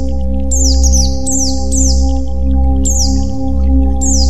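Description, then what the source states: White-eye song: high, thin, slurred descending whistles in short bursts over a steady low electrical-sounding hum. White-eye 'terapi' (therapy) song.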